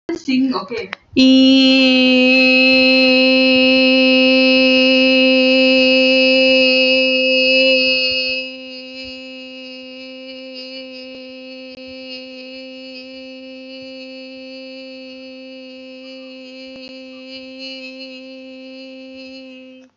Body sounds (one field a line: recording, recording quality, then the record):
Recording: sustained vowel as in beet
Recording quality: excellent, no background noise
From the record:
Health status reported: healthy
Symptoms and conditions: none ticked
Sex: female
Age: 23 years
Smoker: not ticked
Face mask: not worn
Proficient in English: yes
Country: India